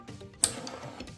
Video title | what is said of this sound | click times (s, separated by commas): How To Assemble A CLOSETMAID Drawer (Impressions) - Step by Step DIY Assembly Instructions | you heard to click | 0.4 s